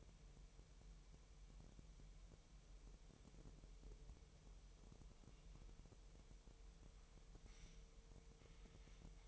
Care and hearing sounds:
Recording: daily activity, microphone in the room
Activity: wipe stove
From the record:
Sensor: 1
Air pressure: 1001.0 hPa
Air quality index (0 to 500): 249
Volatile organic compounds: 149 ppm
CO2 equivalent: 4018 ppm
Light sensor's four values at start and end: 12/29/12/13 and 12/29/12/13

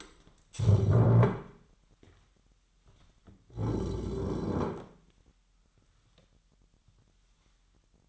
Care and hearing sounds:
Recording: daily activity, microphone in the room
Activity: stand up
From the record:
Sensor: 3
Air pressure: 998.4 hPa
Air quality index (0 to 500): 128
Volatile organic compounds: 3 ppm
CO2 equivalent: 1534 ppm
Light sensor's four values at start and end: 8/19/8/9 and 11/24/11/12

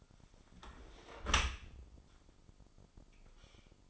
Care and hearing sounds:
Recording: daily activity, microphone in the room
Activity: close dishwasher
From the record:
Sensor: 5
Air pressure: 996.0 hPa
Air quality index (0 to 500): 100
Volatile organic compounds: 6 ppm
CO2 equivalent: 1923 ppm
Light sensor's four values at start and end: 42/100/42/45 and 42/101/42/45

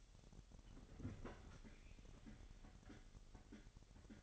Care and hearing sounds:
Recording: daily activity, microphone in the room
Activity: open fridge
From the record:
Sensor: 4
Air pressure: 989.2 hPa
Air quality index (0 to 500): 224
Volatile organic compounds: 84 ppm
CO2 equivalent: 3639 ppm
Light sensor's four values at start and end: 27/93/34/36 and 26/91/33/36

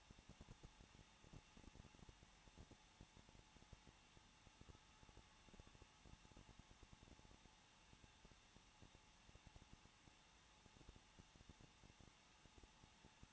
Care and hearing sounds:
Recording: daily activity, microphone in the room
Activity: no activity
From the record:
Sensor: 1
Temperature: 20.1 degrees Celsius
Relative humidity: 39.2%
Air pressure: 1006.3 hPa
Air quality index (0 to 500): 218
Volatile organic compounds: 79 ppm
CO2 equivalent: 3595 ppm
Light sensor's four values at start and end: 1/2/1/1 and 1/2/1/1

